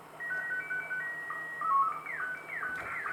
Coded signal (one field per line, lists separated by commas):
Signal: SSTV (slow-scan television)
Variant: Scottie 1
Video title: HackRF ATV Analog TV Station Experiments On Ham